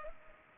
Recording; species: mosquito wingbeat signal from an infrared sensor; Culex pipiens